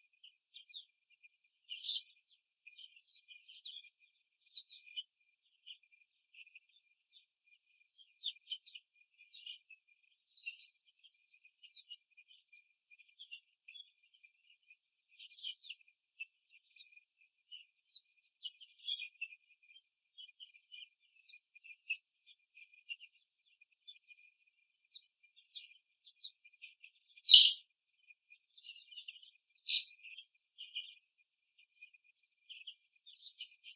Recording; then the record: young laying hens in a cage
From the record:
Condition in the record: before the stressor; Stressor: simulated dog barking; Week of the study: 3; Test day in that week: 1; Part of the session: 1